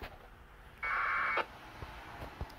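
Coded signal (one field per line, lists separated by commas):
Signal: packet radio (AX.25, as in APRS)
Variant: 1200 baud AFSK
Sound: one short harsh warbling data burst about half a second long, then faint clicks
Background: radio static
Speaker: okay well uh help we're getting messages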